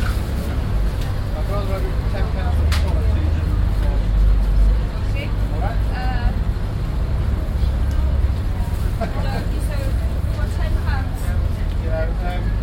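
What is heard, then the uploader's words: Busy outdoor market with many voices talking over one another. A heavy, steady low rumble of passing traffic runs underneath throughout. Occasional short clinks and sharper calls stand out around a few seconds in and again later. Exeter Continental Market - Sausage Man. Recordings around the continental market in Exeter, July 2006.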